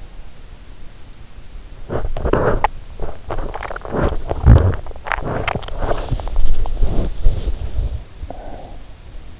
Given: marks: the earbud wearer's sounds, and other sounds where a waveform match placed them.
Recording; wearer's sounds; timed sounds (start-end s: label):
sounds in sleep by an in-ear microphone; body movement, swallowing
1.46-9.40 s: body movement
3.18-6.54 s: swallowing